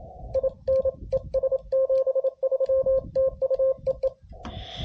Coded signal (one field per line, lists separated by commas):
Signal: Morse code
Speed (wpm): 27 wpm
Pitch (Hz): 530 Hz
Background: radio noise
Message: INES 73 TU EE